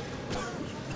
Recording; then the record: coughing mixed with background sound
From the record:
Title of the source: Coughing 51